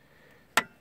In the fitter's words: vous entendez le clac, voilà, c'est bon.